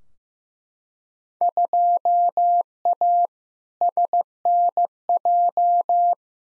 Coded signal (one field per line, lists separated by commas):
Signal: Morse code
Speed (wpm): 16 wpm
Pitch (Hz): 700 Hz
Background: none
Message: 2A SNJ